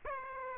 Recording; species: mosquito wingbeat signal from an infrared sensor; Aedes aegypti